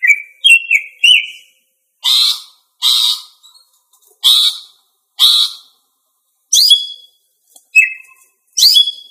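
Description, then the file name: Greater green leafbird song: a few short whistled slurs, then several harsh buzzy bursts, then more sharp whistled notes. Female bird. "cucak ijo betina"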